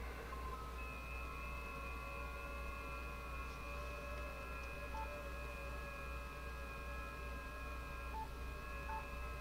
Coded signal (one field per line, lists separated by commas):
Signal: FT8